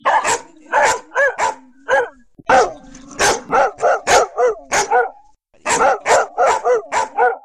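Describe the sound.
Dog barking in rapid bursts, a steady run of sharp, harmonic barks with a brief pause midway before the barking resumes.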